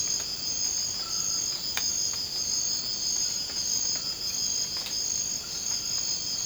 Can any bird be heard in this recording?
no